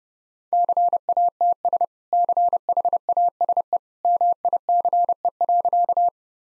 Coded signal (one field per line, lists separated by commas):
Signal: Morse code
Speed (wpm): 30 wpm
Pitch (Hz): 700 Hz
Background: none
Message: CATS CHASE MICE.